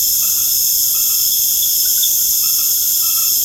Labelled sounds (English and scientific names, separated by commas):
none